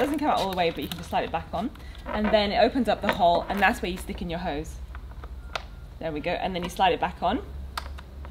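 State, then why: Seated. A high-pressure hose coupling is pushed into the outlet of a Kärcher K2 pressure washer, and the yellow sliding locking sleeve is slid back over it while someone talks. A few sharp plastic clicks and knocks follow, the loudest at 7.8 s as the hose locks into place.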